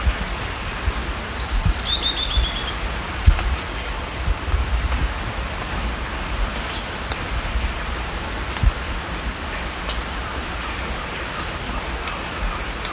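Bird song: a thin whistle and a fast run of bright descending notes early on, later a few short high chips, over steady hiss.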